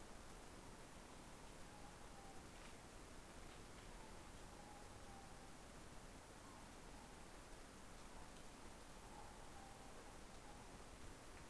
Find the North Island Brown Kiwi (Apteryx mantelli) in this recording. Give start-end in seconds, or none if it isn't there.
none